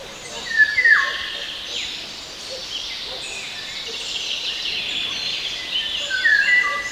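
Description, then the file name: Eurasian golden oriole song: a mellow whistled phrase dropping in pitch near the start, another brief fluty phrase at the end, with constant rushing noise between. "Sárgarigó"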